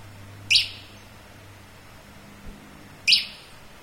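Bird calling with single high, clipped chirps spaced about two and a half seconds apart over a faint low hum.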